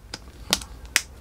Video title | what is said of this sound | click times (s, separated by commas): Sunguard SolarREFLECTIVE INTERIOR RV Sun Screens | there you go snap in place and this won't go anywhere | 0.5 s, 1.0 s